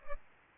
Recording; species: mosquito wingbeat signal from an infrared sensor; Culex pipiens